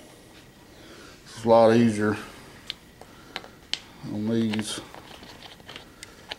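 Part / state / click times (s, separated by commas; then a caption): oil pump priming shaft into oil pump drive / not seated / none. A metal oil pump priming shaft is handled at the oil pump drive slot inside a Chevy 350 engine block during a rebuild, while someone talks twice. Brief sharp taps and ticks are heard between the speech, the loudest near 3.7 seconds. The shaft has not seated or clicked into the drive yet.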